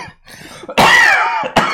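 An adult who has recently been unwell gives two harsh, partly voiced coughs about a second apart; the first is long and rough.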